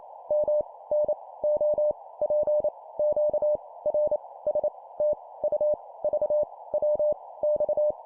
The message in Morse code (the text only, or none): M N O P Q R S T U V W X